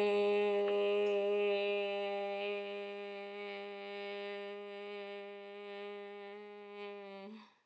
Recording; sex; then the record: sustained vowel /e/; female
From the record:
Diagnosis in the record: healthy control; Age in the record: 61 years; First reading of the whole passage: 67 s, 7.7 characters per second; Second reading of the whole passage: 54 s, 9.6 characters per second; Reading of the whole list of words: 44 s, 6.4 characters per second